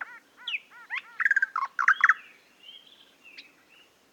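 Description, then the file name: Eastern nicator calling: a series of arched, slurred notes, then a loud, harsh burst of rapid chattering notes, with softer whistles after. "British Library - Eastern Nicator Nicator gularis"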